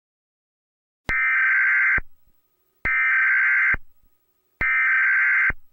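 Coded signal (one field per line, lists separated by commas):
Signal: Emergency Alert System (SAME) tones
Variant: header bursts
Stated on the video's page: Teaser for a fictional EAS scenario.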